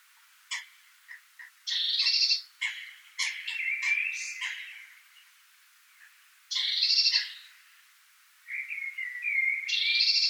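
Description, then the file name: Eurasian blue tit giving buzzy, harsh churring calls in short bursts, with thin chirps and warbled notes in between. "Cyanistes caeruleus"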